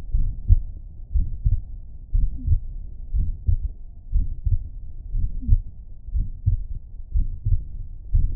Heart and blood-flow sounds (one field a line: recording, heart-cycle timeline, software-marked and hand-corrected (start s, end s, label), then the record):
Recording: heart sounds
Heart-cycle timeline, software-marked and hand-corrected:
0.00	0.13	diastole
0.13	0.27	S1
0.27	0.49	systole
0.49	0.63	S2
0.63	1.15	diastole
1.15	1.27	S1
1.27	1.45	systole
1.45	1.57	S2
1.57	2.15	diastole
2.15	2.29	S1
2.29	2.47	systole
2.47	2.59	S2
2.59	3.15	diastole
3.15	3.27	S1
3.27	3.47	systole
3.47	3.59	S2
3.59	4.15	diastole
4.15	4.27	S1
4.27	4.51	systole
4.51	4.61	S2
4.61	5.15	diastole
5.15	5.27	S1
5.27	5.47	systole
5.47	5.61	S2
5.61	6.15	diastole
6.15	6.27	S1
6.27	6.47	systole
6.47	6.59	S2
6.59	7.15	diastole
7.15	7.27	S1
7.27	7.47	systole
7.47	7.59	S2
7.59	8.15	diastole
8.15	8.29	S1
8.29	8.36	systole
From the record:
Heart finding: mitral regurgitation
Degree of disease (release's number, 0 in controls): 2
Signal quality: good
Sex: female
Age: 82 years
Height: 1.53 m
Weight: 60 kg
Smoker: no